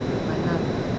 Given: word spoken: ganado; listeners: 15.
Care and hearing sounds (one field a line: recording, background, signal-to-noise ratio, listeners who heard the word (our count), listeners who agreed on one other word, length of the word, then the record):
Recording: one Spanish word in noise, from a listening test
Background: speech-shaped noise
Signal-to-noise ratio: -4.6 dB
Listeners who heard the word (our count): 1 of 15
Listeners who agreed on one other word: 9 of 15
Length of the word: 0.59 s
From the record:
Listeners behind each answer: 9, 1, 1, 1, 1, 1, 1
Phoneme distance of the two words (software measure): 20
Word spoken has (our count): 3 syllables, 6 phonemes, stress on syllable 2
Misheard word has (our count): 3 syllables, 6 phonemes, stress on syllable 2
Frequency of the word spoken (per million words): 49.14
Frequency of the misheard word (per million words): 2.61